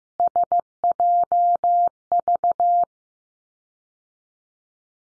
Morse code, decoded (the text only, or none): SJV